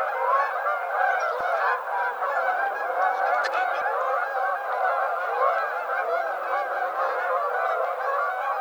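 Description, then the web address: Canada goose chorus: loud, constant overlapping honks from many birds, with a brief sharp click near the middle. Recorded 7 February 2007. "Canada Goose 2007 02 07"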